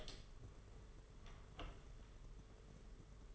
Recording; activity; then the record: daily activity, microphone in the room; open door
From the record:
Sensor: 4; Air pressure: 992.4 hPa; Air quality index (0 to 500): 113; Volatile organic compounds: 21 ppm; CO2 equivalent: 2733 ppm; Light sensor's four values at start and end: 21/73/26/28 and 21/74/27/28